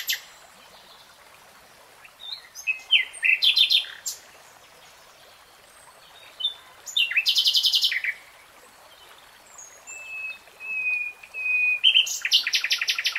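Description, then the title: Nightingale song with several bursts of rich trills and rattles, a long steady whistle between them, quiet gaps between phrases. Nightingale singing, in a 3-hour real-time recording. "[Tiếng chim hót] 3 Hours REALTIME Nightingale Singing"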